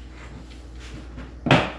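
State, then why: Seated. A body lip trim piece is pressed onto the front bumper of an AE86, and its clips snap into place with a sharp, bright click at 1.5 s over quiet background music. The lip trim is seated.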